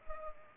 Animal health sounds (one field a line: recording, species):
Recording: mosquito wingbeat signal from an infrared sensor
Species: Culex pipiens